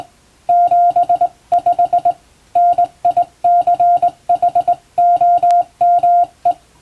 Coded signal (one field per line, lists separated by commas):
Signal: Morse code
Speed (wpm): 21 wpm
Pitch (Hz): 700 Hz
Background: music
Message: 75 NICHOME